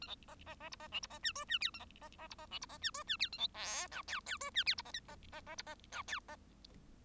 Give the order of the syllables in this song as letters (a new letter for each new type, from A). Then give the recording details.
A B C C C D C E D C F G F H A C C D C E D C F G F H A B I J K K G F H D C L C C C D C J K C. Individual Bird1